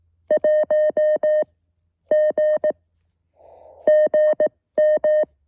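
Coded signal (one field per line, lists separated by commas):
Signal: Morse code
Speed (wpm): 18 wpm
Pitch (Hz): 620 Hz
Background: music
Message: 1 G GM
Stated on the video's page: QRP SOTA summit activation.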